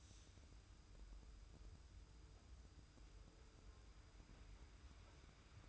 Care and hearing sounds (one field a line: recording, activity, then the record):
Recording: daily activity, microphone in the room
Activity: wipe stove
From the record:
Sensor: 2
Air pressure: 990.3 hPa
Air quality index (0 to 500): 200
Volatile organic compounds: 1000 ppm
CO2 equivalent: 6424 ppm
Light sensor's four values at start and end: 32/76/31/31 and 32/76/31/31